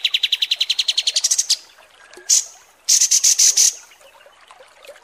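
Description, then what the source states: Kapas tembak song: a quick trill rising in pitch, then separate short high bursts and a brief run of sharp, chattering notes. Masteran song used for training birds; 'mewah' (luxurious) kapas tembak.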